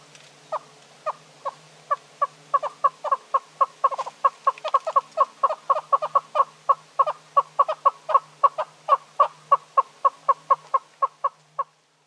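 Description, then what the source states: Southern yellow-billed hornbill clucking, a long run of short clucks that speed up into a rapid series; a faint low hum underneath. Clucking calls by a pair resting in the shade, seeming to chat with each other; South Africa.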